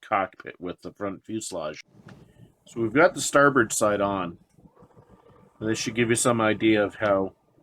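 Someone talks while handling the starboard front fuselage half of a 1/48 Airfix Javelin plastic model kit, bringing it onto the opposite fuselage half around the cockpit. Only faint, quiet handling noise is heard between the speech. Nothing has seated or clicked yet.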